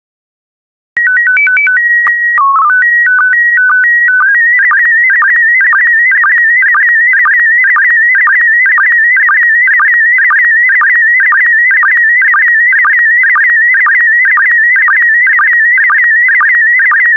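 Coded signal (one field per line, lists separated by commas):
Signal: SSTV (slow-scan television)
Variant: PD 120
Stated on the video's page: SSTV PD120 transmission of still images.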